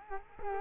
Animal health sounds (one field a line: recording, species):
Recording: mosquito wingbeat signal from an infrared sensor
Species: Culex quinquefasciatus